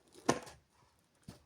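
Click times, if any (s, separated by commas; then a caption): 0.3 s. The clasp or handle of a plastic storage case with 60 pots for diamond-painting drills is closed onto the case. After a faint rustle, it snaps into place with a sharp, bright click at 0.3 s, followed by a softer low knock around 1.3 s. The clasp is shut and seated.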